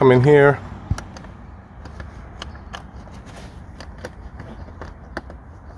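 Someone talks briefly at the start while handling the plastic light wiring connector near its socket in the car trim of a Mercedes during a subwoofer install. Faint, scattered sharp ticks follow over low background noise. The connector has not seated or snapped in yet.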